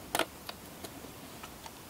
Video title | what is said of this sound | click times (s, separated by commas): How to adapt a focal reducer to Sony NEX F3 camera | you turn it until it clicks okay | 0.2 s